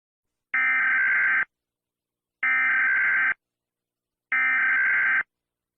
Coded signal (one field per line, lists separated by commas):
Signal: Emergency Alert System (SAME) tones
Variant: header bursts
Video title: EAS Short Scenario 13 - The Garden Goes Decay